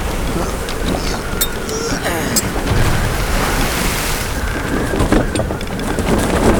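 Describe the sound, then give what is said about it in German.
Strong wind roars across the microphone while waves surge and splash around a boat at sea, a dense, steady rush of noise with occasional sharper gusts and sprays breaking through. “Der Wind ist zu stark. Wir können unmöglich wenden.”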